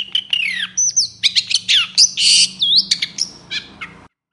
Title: Cendet Gacor Dor Di Kala Pagi Toet Toet Variasi Suara Jernih Mudah Di Tiru